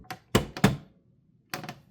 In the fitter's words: you'll hear it snapping